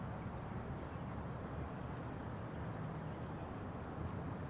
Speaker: This is the Northern Cardinals' chip call.